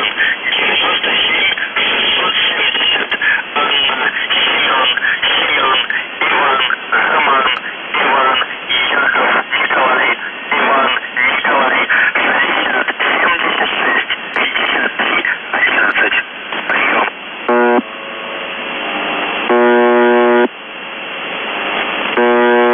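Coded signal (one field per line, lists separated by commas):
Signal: numbers station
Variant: UVB-76, Russian voice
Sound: about 17 seconds of muffled radio voice, then three harsh one-second buzzes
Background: radio static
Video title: The Buzzer/UVB-76(4625Khz) July 10, 2021 13:03UTC Voice message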